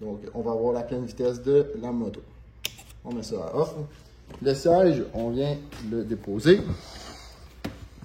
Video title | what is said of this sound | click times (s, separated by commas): ASSEMBLAGE EGO MB1000 | On le glisse un petit peu vers l'avant. Donc, il est bien enclenché. | 7.6 s